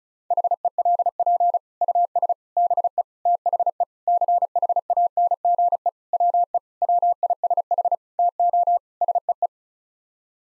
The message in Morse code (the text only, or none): HELP US BE THE CHANGE WE WISH TO SEE